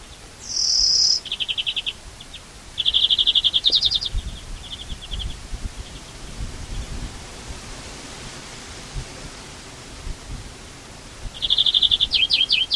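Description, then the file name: European greenfinch song: a buzzy wheeze, then short rattling trills and twangy notes, fading to faint phrases before a final trill. "Chloris chloris"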